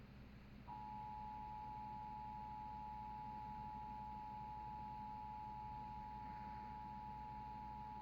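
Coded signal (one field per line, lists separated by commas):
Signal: Emergency Alert System (SAME) tones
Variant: 853 and 960 Hz attention tone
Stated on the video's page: San Francisco Bay Required Monthly Test EAS alert; the test alerts reached stations minutes late.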